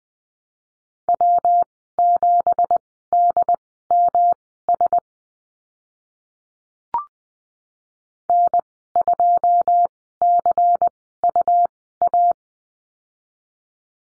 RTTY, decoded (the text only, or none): none